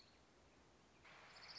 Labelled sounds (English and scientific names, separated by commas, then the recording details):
Orange-crowned Warbler (Leiothlypis celata)
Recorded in Sonoma County, California